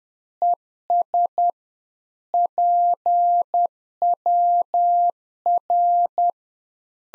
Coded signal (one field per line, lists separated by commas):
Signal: Morse code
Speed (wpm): 10 wpm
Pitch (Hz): 700 Hz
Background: none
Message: ES PWR